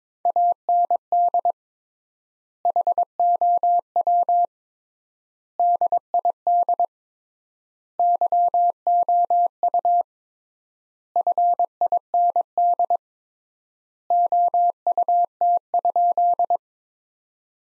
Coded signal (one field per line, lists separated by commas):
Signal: Morse code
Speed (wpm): 22 wpm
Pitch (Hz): 700 Hz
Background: none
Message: AND HOW DID YOU FIND OUT?